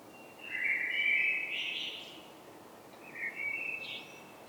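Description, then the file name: Common blackbird singing two mellow warbled phrases, each sliding upward into a brief high squeaky flourish, with a quiet pause between them and soft background noise. "Turdus merula"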